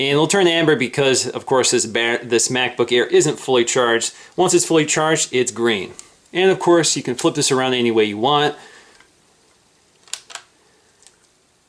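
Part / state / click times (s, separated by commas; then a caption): magnetic power connector into laptop power port / seated / 10.1 s. Someone talks for about eight seconds about the MagSafe power connector on a MacBook Air that isn't fully charged, so its indicator light turns amber. After a quiet pause, the magnetic connector is turned the other way round and brought back to the laptop's power port. It snaps into place with a sharp click at 10.1 s, surrounded by a few faint ticks, and the connector is seated.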